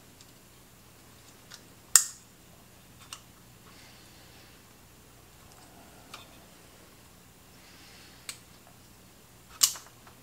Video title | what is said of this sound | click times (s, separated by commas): 71 Yr Old 4-Tube Vacuum Tube Radio Resurrection - 1953 Hallicrafters "Atom" Models AT-1, 2, &3 [4k] | okay that's snapped into place just fine | 2.0 s, 9.6 s